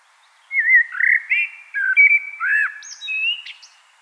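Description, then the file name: Common blackbird singing a continuous mellow, fluty warble of varied whistled notes, closing with a few thin, high squeaks. "Turdus merula"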